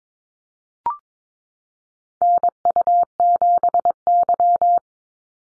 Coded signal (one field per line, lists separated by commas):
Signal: Morse code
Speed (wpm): 22 wpm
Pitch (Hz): 700 Hz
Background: none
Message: NU7Y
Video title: NA SOTA Activator Callsigns 22wpm